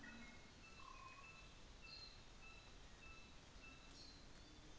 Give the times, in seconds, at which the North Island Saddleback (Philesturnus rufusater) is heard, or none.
0.58-4.08